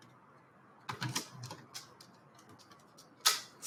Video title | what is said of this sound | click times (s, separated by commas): Digital Archiving | snap it in place | 3.3 s